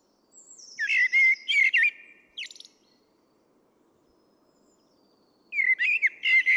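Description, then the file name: Common blackbird song: a phrase of mellow fluted warbles ending in a squeaky twitter, with a thin high descending trill, then another phrase begins after a pause. "Turdus merula"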